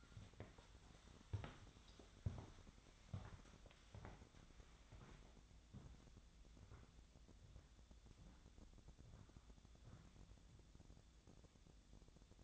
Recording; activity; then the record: daily activity, microphone in the room; walk to room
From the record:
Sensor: 3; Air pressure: 999.9 hPa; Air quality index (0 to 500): 120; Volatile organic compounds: 2 ppm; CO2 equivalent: 1080 ppm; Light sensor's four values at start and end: 31/73/33/37 and 41/100/44/49